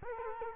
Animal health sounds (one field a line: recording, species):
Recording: mosquito wingbeat signal from an infrared sensor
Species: Culex quinquefasciatus